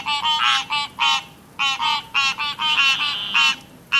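Frogs calling in short, separate bursts of nasal croaks with brief quiet gaps between them.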